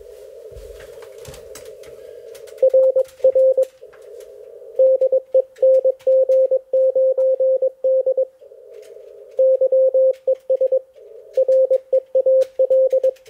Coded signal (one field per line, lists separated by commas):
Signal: Morse code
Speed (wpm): 20 wpm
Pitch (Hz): 530 Hz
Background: none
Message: RR DE NG9D YES REAL